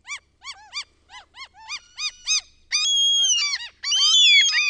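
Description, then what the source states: Common gull with a series of short clipped yelps, then louder, long-held squealing cries near the end. The recordist's own bird recording.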